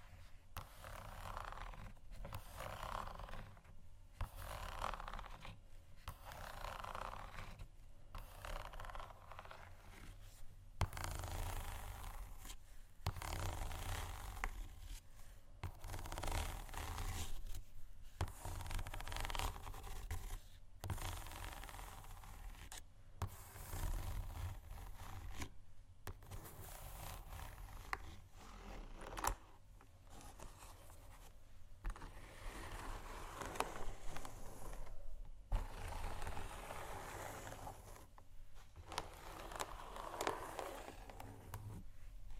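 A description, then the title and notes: Shoes scratch and scrape in short, rough strokes, broken by brief pauses and occasional taps, with a steady low hum beneath throughout. ASMR Shoes Scratching & Tapping（No Talking）.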